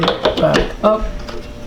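A replacement gas strut for the rear liftgate window glass of a 2001 Mazda Tribute is handled as its end fitting is pushed toward its ball stud, with light handling knocks over background music while someone talks. Nothing has seated or clicked yet.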